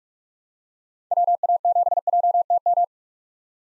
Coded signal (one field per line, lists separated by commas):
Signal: Morse code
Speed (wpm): 44 wpm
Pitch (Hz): 700 Hz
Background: none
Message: WA7JTM